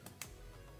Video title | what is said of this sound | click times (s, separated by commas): 2014-2025 CHEVY TAHOE 4WD PREMIER (5.3L) Replace Vapor Canister Vent Valve | you heard the click. That's exactly what you want. | 0.1 s, 0.2 s